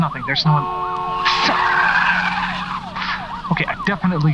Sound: the tires screech again, and barely manages to wrestle it back

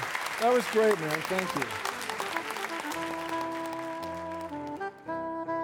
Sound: applause

